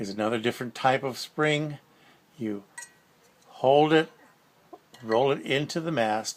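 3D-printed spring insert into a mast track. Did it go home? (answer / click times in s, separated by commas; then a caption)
no / none. Someone talks while holding a different type of 3D-printed plastic spring insert and rolling it into a mast track. Nothing has seated or clicked yet.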